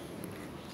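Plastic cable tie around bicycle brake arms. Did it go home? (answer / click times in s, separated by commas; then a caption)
yes / 0.2 s. A plastic cable tie is pulled tight around a bicycle's V-brake arms to hold the pads against the rim so the brakes are easier to adjust. A single short click sounds at 0.2 s over a steady low background. The tie locks the brake arms in place.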